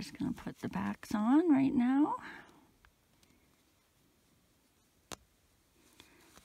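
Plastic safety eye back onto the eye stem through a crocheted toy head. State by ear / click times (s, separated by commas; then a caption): seated / 5.1 s. Someone talks for the first two and a half seconds about pushing plastic locking backs onto the stems of small safety eyes on a crocheted bear, through the toy's head. After a quiet stretch with faint handling ticks, a sharp click at 5.1 s marks a back seating onto an eye stem, followed by a few softer taps.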